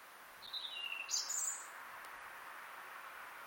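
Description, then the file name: European robin song phrase, a brief high thin whistle sliding down followed by a quick twittering flourish, over a steady background hiss. "Erithacus rubecula"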